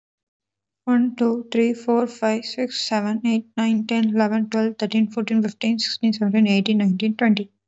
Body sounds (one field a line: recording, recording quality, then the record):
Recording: counting at a fast pace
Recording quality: excellent, no background noise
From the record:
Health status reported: recovered from COVID-19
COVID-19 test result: positive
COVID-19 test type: RT-PCR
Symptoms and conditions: cough, fever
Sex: female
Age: 25 years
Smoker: no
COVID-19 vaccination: both doses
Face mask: worn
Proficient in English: yes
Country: India